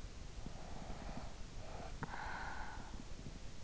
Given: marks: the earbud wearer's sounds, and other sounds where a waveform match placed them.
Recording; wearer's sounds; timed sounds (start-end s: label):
sounds in sleep by an in-ear microphone; breath
0.16-3.64 s: breath